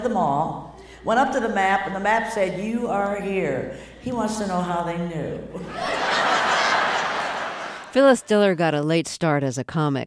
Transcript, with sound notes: He went to the mall, went up to the map and the map said you are here. He wants to know how they knew.
(LAUGHTER)
Phyllis Diller got a late start as a comic